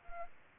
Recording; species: mosquito wingbeat signal from an infrared sensor; Anopheles arabiensis